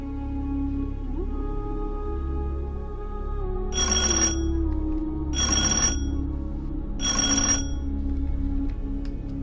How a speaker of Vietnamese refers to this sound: Tiếng điện thoại của Kỷ Lương vang lên. Cô lấy máy ra nhìn, là tin nhắn của một số điện thoại lạ.